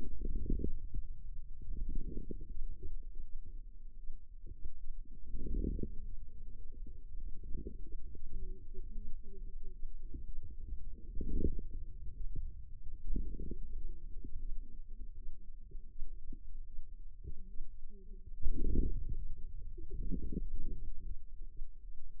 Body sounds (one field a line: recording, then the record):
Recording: forearm muscle sounds (acoustic myography)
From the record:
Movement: wrist flexion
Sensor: system 2, bracelet of six BSWA MPA416 microphones around the upper forearm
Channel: 5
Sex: female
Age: 25 years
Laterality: right